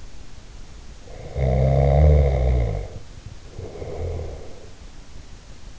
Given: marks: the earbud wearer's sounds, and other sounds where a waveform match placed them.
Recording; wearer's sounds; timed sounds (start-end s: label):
sounds in sleep by an in-ear microphone; snoring breath
1.09-5.05 s: snoring breath